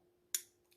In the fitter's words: it also has a nice clicky detent we didn't really talk about that click